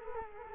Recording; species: mosquito wingbeat signal from an infrared sensor; Culex quinquefasciatus